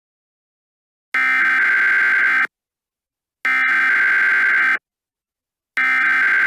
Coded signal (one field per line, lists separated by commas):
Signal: Emergency Alert System (SAME) tones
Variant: header bursts